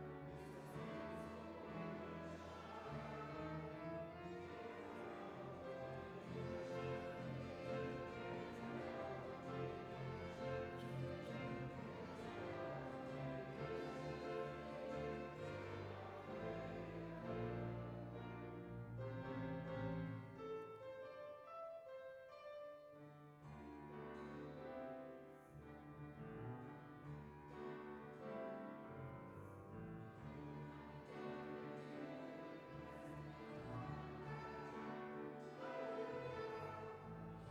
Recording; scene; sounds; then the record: everyday scene through a hearing-aid microphone; reverberant space; music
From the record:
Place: church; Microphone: behind the ear, right, rear